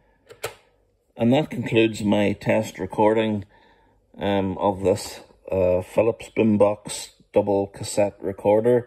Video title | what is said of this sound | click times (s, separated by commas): Retro Philips D8078 stereo radio cassette overview and demonstration | and then you fold it down click that up there and it clicks into place and | 0.4 s